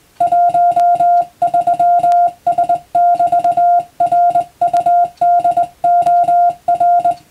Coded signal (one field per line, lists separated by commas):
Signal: Morse code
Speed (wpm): 21 wpm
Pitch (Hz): 700 Hz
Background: music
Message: 13S<BT>RUDOR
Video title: クリスマスにモールス！令和の今でも行われているモールスの国家試験は無線通信の原点です。アマチュア無線ハムの受信練習にどうぞ(morse code practice radio operator )